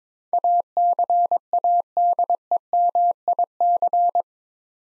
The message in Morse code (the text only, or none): ACADEMIC